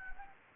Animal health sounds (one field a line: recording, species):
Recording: mosquito wingbeat signal from an infrared sensor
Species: Anopheles gambiae